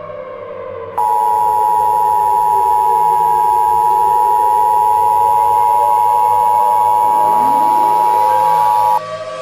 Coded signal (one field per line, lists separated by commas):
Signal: Emergency Alert System (SAME) tones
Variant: 853 and 960 Hz attention tone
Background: music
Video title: EAS Scenario - 48 hours until impact